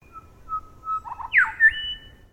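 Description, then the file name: Bird giving a thin steady whistle, then a quick burst of notes ending in a sharp downward slur and a rising, sustained whistled note, over quiet background. Recorded at Noosa; species unidentified. "BIRD UNKNOWN NOOSA CALL"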